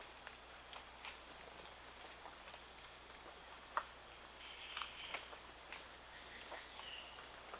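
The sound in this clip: Bird calls in two bursts of rapid, very high, thin chattering notes, each lasting over a second, with faint scattered clicks and a quiet gap between.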